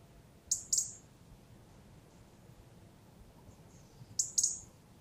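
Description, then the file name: European robin high, thin call notes, two short bursts of paired sharp notes a few seconds apart, with quiet surroundings in between. "Erithacus rubecula"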